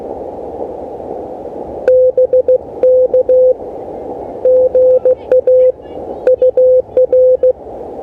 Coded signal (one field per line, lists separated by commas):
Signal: Morse code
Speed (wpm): 16 wpm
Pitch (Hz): 510 Hz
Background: radio noise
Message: BK GA UR